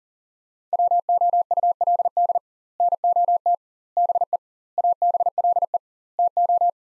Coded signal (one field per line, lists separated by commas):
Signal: Morse code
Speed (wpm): 40 wpm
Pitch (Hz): 700 Hz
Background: none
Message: WOULD NOT BE ABLE TO